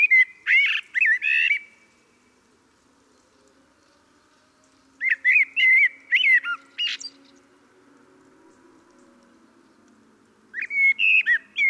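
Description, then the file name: Common blackbird singing three separate phrases, each a mellow fluted warble running into high, scratchy twitters, with quiet pauses of several seconds between them. "Turdus merula"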